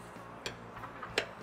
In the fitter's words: tout à l'heure on entend un clac c'est que dès mon pneu est bien passé derrière la jante et après on